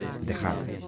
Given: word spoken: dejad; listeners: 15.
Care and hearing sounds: one Spanish word in noise, from a listening test; eight-talker babble; 1.0 dB; 0 of 15; 11 of 15; 0.48 s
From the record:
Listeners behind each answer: 11, 2, 1, 1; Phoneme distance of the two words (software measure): 10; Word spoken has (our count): 2 syllables, 5 phonemes, stress on syllable 2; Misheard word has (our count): 2 syllables, 5 phonemes, stress on syllable 2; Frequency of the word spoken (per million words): 0.97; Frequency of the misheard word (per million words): 147.47

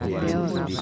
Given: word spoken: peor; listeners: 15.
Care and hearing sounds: one Spanish word in noise, from a listening test; eight-talker babble; -1.6 dB; 1 of 15; 6 of 15; 0.41 s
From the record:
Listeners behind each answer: 6, 2, 2, 1, 1, 1, 1, 1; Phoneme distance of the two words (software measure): 20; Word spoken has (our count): 2 syllables, 4 phonemes, stress on syllable 2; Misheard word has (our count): 2 syllables, 4 phonemes, stress on syllable 2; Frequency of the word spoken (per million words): 92.71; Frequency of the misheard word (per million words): 69.09

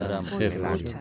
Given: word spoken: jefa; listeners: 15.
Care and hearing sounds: one Spanish word in noise, from a listening test; four-talker babble; -1.9 dB; 0 of 15; 11 of 15; 0.61 s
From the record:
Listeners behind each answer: 11, 1, 1, 1, 1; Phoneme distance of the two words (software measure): 48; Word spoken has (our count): 2 syllables, 4 phonemes, stress on syllable 1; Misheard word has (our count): 3 syllables, 8 phonemes, stress on syllable 2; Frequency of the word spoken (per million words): 5.08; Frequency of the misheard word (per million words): 0.81

